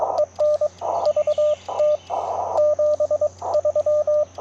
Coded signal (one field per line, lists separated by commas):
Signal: Morse code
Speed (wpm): 22 wpm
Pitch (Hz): 600 Hz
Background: radio noise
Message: EN VT 73